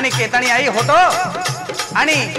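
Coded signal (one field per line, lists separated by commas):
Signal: none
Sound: rattle and music sounds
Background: speech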